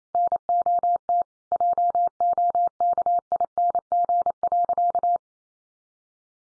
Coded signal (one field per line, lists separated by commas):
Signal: Morse code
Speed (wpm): 28 wpm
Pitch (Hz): 700 Hz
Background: none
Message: NOT JOKING.